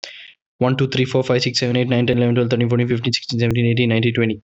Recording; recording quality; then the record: counting at a fast pace; excellent, no background noise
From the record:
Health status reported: COVID-19 positive, moderate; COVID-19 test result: positive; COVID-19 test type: RT-PCR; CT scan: not taken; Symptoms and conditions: cough, cold, sore throat, fever, fatigue, muscle pain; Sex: male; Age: 25 years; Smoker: no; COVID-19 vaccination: both doses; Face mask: not worn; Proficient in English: yes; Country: India